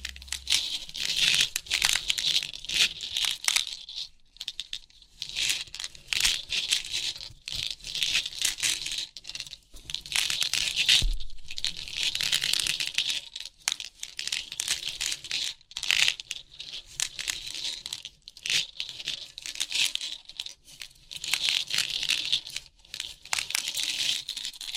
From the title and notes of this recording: Crisp 3D Pin Art Tingles(No Talking).